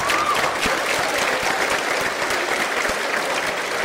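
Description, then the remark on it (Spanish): Sustained closing applause in the cinema and theatre of Realicó from assembly members gathered against agrochemical fumigation, at the end of a theatre company's performance: a dense, steady wash of many hands clapping at once with no pauses and no voices. “La compañía termina su función en el cine y teatro de Realicó con un cerrado aplauso de los asambleístas reunidos contra las fumigaciones con agrotóxicos.”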